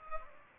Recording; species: mosquito wingbeat signal from an infrared sensor; Culex pipiens